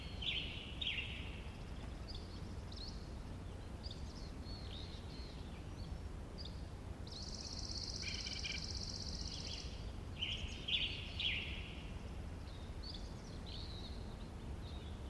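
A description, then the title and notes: Outdoors in a wildlife area, a steady low rumble of wind or noise runs throughout. Small birds chirp and trill intermittently, and from about seven to ten seconds a bright, buzzy insect-like drone rises above them. The Colockum Wildlife Area in Washington. The whole area was quiet, mostly absent of humanity, including campers or hikers.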